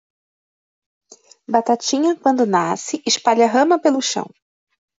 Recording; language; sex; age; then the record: short text; Brazilian Portuguese; female; 40 to 49 years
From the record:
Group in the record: control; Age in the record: 49 years